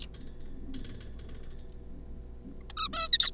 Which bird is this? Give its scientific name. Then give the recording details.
Taeniopygia guttata. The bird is a juvenile. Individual R3549